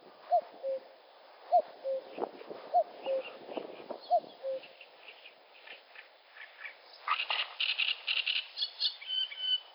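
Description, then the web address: Animal calls: four short tonal notes, each followed by a lower note, then a burst of higher chirping notes near the end. "davidrrobinson Animal Speak"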